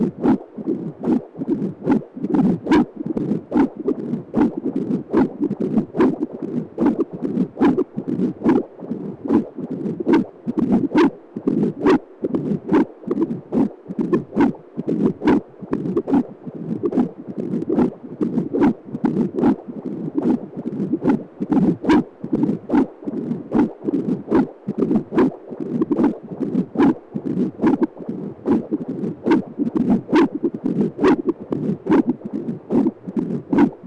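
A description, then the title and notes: A heart recording with steady, regular beats, roughly one to two per second, each marked by a sharp click. Between beats runs a continuous low, rushing whoosh like a murmur, dense. Rhythm and loudness hold even throughout. Recordings of three different hearts made by Dan Bodah in Brooklyn NY.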